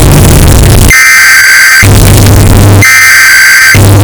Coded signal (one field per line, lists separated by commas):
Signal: Emergency Alert System (SAME) tones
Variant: header bursts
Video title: Emergency Alert System [EAS] Sound Effect Bass Boosted Earrape (1 Hour)